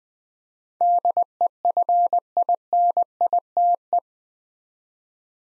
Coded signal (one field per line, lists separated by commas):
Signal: Morse code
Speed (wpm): 20 wpm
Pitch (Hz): 700 Hz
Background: none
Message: DEFINITE